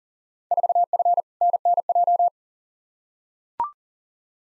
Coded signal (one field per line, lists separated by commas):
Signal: Morse code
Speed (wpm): 40 wpm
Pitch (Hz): 700 Hz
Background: none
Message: 4F NNJ